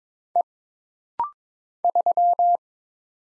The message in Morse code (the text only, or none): E 3